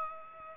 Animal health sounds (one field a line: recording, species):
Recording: mosquito wingbeat signal from an infrared sensor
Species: Aedes aegypti